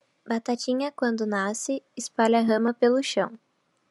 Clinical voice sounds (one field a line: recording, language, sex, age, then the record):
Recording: short text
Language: Brazilian Portuguese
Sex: female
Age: 18 to 19 years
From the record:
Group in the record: control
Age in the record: 19 years